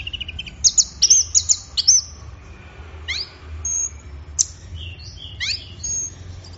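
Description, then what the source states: Orange-headed thrush singing a quick series of high whistles, then softer scattered chirps and short whistled notes. Bird in full, intense song (gacor teler), used for training songbirds; Indonesian name anis merah.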